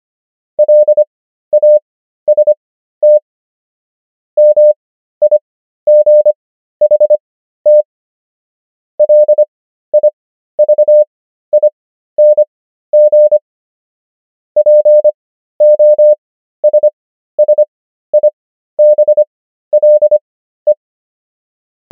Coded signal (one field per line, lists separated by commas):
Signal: Morse code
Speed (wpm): 25 wpm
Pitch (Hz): 600 Hz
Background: none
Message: LAST MIGHT LIVING POSSIBLE